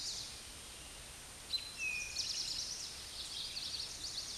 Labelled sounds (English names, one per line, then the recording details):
Eastern Towhee song
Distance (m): 25 m
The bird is about 5 m above the microphone
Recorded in a Pennsylvania forest on 16 May 2024 at 09:53
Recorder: AudioMoth, point MSD-2304
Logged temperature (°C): 16.0 °C
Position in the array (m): 202 m, 140 m